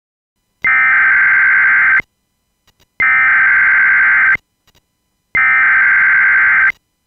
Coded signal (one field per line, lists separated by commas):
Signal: Emergency Alert System (SAME) tones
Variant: header bursts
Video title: EAS Scenario #1: An Asteroid Impact